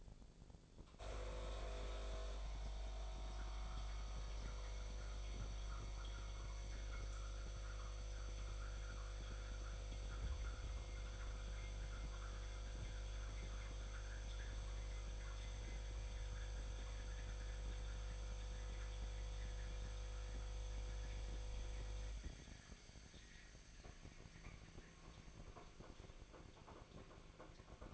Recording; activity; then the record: daily activity, microphone in the room; make coffee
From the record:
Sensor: 5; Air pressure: 1000.4 hPa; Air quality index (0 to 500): 125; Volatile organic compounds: 2 ppm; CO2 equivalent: 991 ppm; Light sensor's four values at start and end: 90/212/91/98 and 90/212/91/99